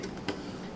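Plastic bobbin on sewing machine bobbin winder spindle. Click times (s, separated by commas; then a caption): 0.3 s. A plastic bobbin on the bobbin winder spindle of a Brother SQ9285 sewing machine is turned to the right until it clicks into the spindle notch. A single sharp click sounds at 0.3 s against a quiet background, and the bobbin is properly seated.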